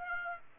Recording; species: mosquito wingbeat signal from an infrared sensor; Aedes aegypti